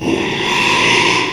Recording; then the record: squeal of a Yucatan mini pig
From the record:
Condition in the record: after surgery on the right vocal fold (resection and tissue-engineered implant); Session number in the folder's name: 1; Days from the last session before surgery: 6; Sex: male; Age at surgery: 12 weeks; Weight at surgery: 13 kg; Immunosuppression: cyclosporine, prednisolone